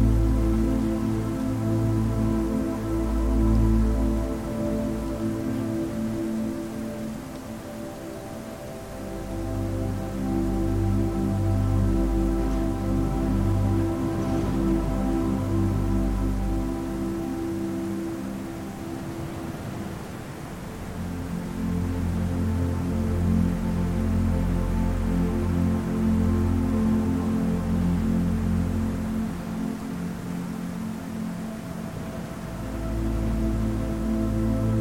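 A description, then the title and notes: Blustery wind and snowfall sound beneath soft, sustained ambient tones that hold steady low chords, shifting every few seconds. A gentle hiss runs throughout, swelling and easing, with a quieter dip around ten seconds and again near twenty. Snowfall, blustery wind, and soothing ambient tones.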